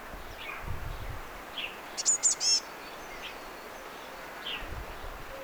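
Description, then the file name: Eurasian blue tit giving a brief cluster of three very high, thin notes near the middle, with faint scattered chirps and a soft, steady outdoor hiss behind. "Cyanistes caeruleus"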